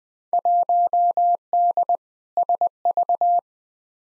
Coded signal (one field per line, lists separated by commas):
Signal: Morse code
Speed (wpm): 21 wpm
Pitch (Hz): 700 Hz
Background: none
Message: 1D SV